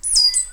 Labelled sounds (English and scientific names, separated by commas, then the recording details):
Stitchbird (Notiomystis cincta) song
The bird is a male
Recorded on Tiritiri Matangi Island, New Zealand, in 2005
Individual 5, of nest box 6